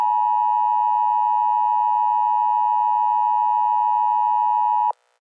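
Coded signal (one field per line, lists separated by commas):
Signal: Emergency Alert System (SAME) tones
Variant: 853 and 960 Hz attention tone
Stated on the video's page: Fictional EAS scenario, not a real alert.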